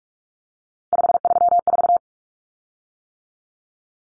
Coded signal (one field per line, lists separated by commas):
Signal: Morse code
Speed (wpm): 44 wpm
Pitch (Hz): 700 Hz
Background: none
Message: 534